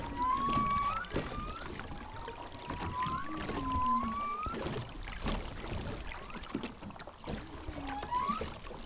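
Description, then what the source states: Humpback whale vocalizations, a series of tonal moans sweeping upward from low to higher pitch, repeated several times over steady water and boat noise. Four humpback whales circling the small tour boat once on their southern migration, at sunrise; the boat had slowed and stopped to observe and listen.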